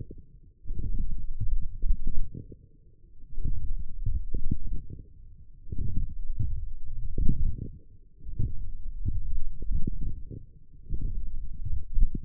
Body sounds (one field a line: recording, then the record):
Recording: forearm muscle sounds (acoustic myography)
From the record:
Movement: forearm supination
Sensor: system 1, eight BSWA MPA416 microphones around the upper forearm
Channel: 8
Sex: male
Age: 20 years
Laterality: left